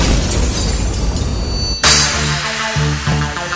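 A loud, roaring explosion sound effect played during a live brega DJ set rumbles with dense noise for nearly two seconds, then cuts off abruptly as a bass-heavy music beat with sustained tones kicks in.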